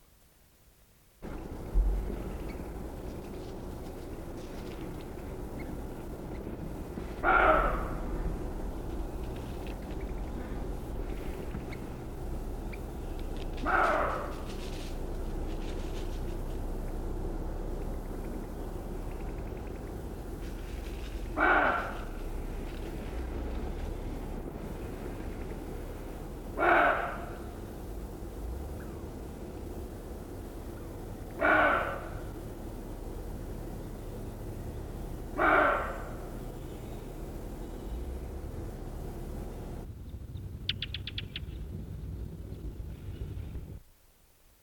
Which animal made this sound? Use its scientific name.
Tetrastes bonasia